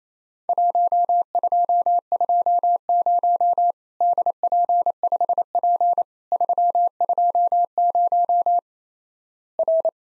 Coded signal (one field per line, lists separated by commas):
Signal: Morse code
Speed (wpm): 28 wpm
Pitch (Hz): 700 Hz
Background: none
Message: 1220 DP5P 320 R